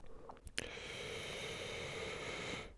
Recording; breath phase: one breath near a microphone; inhalation